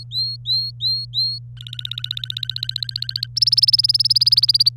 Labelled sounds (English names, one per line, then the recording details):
Domestic Canary song
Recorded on 26 April 2018 at 07:42
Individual llb3